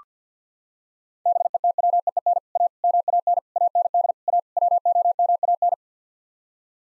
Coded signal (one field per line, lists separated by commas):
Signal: Morse code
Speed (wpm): 46 wpm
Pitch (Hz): 700 Hz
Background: none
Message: BETWEEN A MAN AND A WOMAN